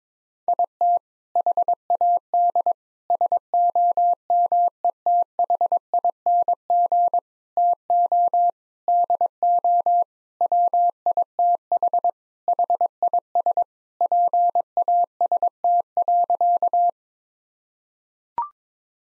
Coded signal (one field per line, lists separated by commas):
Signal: Morse code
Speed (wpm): 22 wpm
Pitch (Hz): 700 Hz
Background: none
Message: IT HAD SOMETHING TO DO WITH HIS PAST.